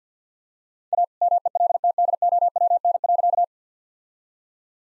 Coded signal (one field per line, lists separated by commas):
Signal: Morse code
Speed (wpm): 48 wpm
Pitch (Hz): 700 Hz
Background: none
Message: A MELTDOWN.